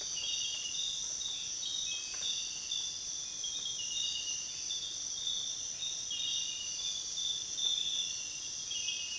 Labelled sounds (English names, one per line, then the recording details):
none
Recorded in dense forest near Puerto Asís, Putumayo, Colombia, on 29 June 2025 at 05:00
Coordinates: 0.484, -76.325
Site H65